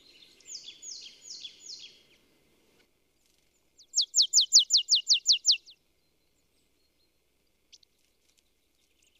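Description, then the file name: Marsh tit giving a run of about ten sharp notes, preceded by a softer buzzy, rasping phrase and followed by faint scattered ticks. "Poecile palustris"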